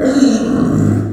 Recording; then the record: squeal of a Yucatan mini pig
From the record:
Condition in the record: after surgery on the right vocal fold (resection and tissue-engineered implant); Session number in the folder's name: 4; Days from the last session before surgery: 26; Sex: female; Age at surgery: 19 weeks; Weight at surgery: 25 kg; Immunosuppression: prednisolone